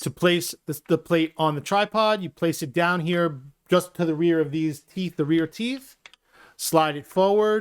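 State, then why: Not seated. A quick-release camera plate is set down on a Manfrotto tripod head just behind the rear teeth of the clamp and slid forward while someone talks throughout. Nothing has seated or clicked into the tripod head yet.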